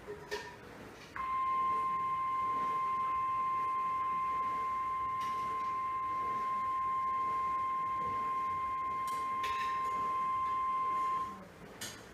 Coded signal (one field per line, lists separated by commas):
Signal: Emergency Alert System (SAME) tones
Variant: 1050 Hz attention tone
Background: speech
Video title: {SPECIAL} EAS #936-938 - All EAS Toned Christmas Eve 2014 Alerts